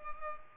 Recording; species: mosquito wingbeat signal from an infrared sensor; Culex pipiens